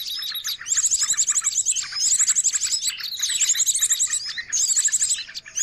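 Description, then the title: Bird song, a dense run of high chattering trills and sharp chirps, with repeated bursts of rapid high twittering. Noisy bird, used as a lure to catch birds. "Burung Ribut"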